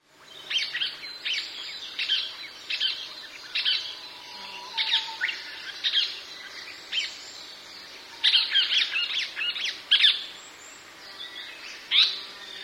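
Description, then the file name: Japanese paradise flycatcher giving harsh, buzzy, squawking notes in quick bursts, repeated steadily through the recording with short pauses between groups. "sankocho"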